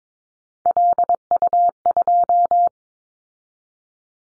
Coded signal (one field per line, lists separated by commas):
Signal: Morse code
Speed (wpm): 22 wpm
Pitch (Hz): 700 Hz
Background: none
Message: LU2